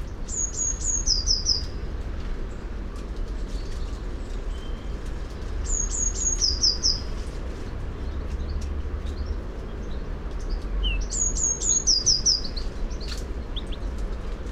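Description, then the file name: Eurasian blue tit singing three times, about every five seconds, each phrase high piping notes falling into a brief rapid trill, with faint chirps and steady low rumble. "Cyanistes caeruleus"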